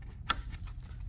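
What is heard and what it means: The quick-connect on the shorter hose is pushed onto the intake manifold fitting. It gives a single loud, sharp snap at 0.3 s against a low background rumble, and the connector is seated.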